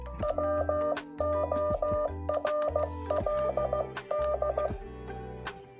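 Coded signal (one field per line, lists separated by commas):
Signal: Morse code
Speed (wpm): 16 wpm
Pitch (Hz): 600 Hz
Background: music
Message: WORLD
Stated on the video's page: Morse code quiz.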